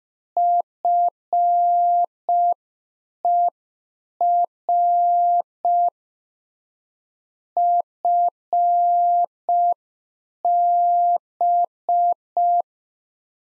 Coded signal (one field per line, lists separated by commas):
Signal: Morse code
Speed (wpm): 5 wpm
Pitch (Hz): 700 Hz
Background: none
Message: FER FB